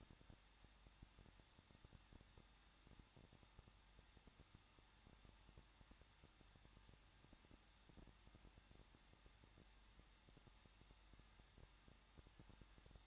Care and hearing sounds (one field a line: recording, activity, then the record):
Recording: daily activity, microphone in the room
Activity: no activity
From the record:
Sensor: 3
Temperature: 21.2 degrees Celsius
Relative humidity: 36.3%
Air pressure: 1006.3 hPa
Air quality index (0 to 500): 222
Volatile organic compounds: 41 ppm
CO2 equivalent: 3165 ppm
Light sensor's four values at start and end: 2/3/2/2 and 2/3/2/2